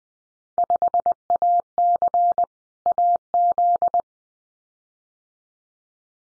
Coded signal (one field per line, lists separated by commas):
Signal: Morse code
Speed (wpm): 19 wpm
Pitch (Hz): 700 Hz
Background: none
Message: 5AC AZ